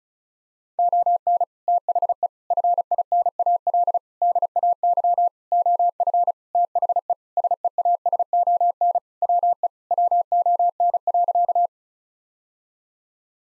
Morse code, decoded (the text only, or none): ON THE FINAL DAY OF THE SEASON WE WON.